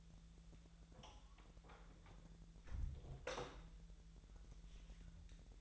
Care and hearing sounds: daily activity, microphone in the room; close door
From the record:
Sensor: 3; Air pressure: 1001.3 hPa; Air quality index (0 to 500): 250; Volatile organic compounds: 167 ppm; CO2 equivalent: 4094 ppm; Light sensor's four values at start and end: 13/30/12/12 and 13/30/12/12

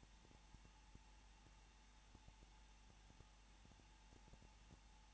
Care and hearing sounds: daily activity, microphone in the room; no activity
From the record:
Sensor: 1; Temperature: 20.2 degrees Celsius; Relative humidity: 35.7%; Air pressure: 994.5 hPa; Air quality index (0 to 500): 182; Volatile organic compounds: 7 ppm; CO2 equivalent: 1997 ppm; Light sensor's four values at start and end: 1/2/1/1 and 1/2/1/1

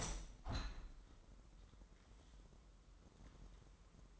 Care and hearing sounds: daily activity, microphone in the room; open window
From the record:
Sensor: 3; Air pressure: 998.1 hPa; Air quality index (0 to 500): 151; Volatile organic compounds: 5 ppm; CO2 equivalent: 1804 ppm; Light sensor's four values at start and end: 13/37/15/13 and 13/37/15/14

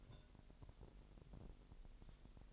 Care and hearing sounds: daily activity, microphone in the room; take from stove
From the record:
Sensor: 5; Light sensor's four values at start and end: 20/42/19/21 and 20/43/19/22

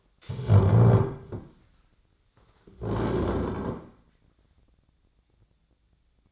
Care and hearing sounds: daily activity, microphone in the room; stand up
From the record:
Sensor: 3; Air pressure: 1009.2 hPa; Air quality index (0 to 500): 182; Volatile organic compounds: 3 ppm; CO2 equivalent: 1472 ppm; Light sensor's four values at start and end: 50/129/57/58 and 40/102/46/47

